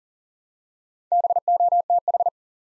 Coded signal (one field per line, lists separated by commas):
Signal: Morse code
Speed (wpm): 38 wpm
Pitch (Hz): 700 Hz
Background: none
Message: BOTH